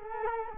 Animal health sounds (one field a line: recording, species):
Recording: mosquito wingbeat signal from an infrared sensor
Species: Culex quinquefasciatus